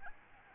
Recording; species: mosquito wingbeat signal from an infrared sensor; Aedes albopictus